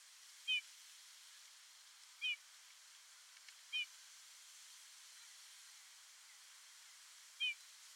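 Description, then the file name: Eurasian bullfinch call: four soft, short piping notes, given singly at uneven gaps of about two to four seconds, over a steady faint hiss. "Pyrrhula pyrrhula"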